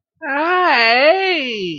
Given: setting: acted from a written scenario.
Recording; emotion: vocal sound without words; amusement